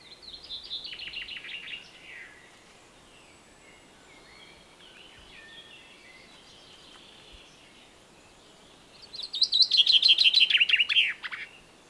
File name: Fringilla coelebs